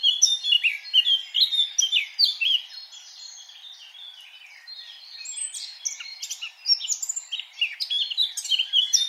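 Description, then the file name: Eurasian blackcap song opens with loud varied warbling, drops to a quiet lull, then picks up again with rapid chirps and trills. "Sylvia atricapilla"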